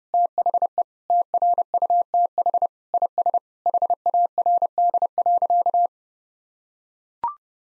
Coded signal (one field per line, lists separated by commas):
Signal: Morse code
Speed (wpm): 30 wpm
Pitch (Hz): 700 Hz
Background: none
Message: THE TRUTH IS HARD.